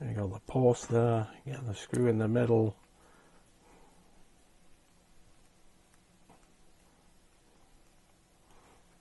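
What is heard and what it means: Someone talks for the first few seconds while lining up the posts and the centre screw of model engine column parts, followed by quiet handling with a faint tap around 5.9 s. Nothing has been snapped together or clicked yet.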